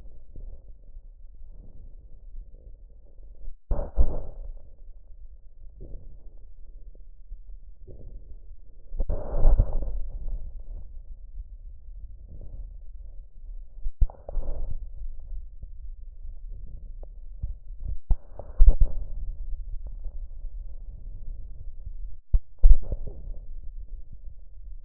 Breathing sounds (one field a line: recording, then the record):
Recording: lung sounds by stethoscope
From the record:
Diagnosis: chronic bronchitis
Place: left posterior upper chest